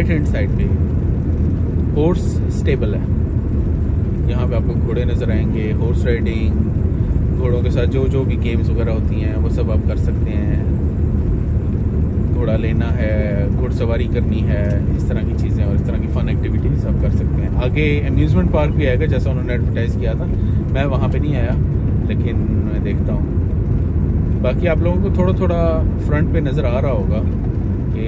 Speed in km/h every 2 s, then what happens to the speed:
25, 25, 24, 25, 25, 24, 24, 23, 23, 23, 24, 25, 25, 27.
0-28 steady at about 24.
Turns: none.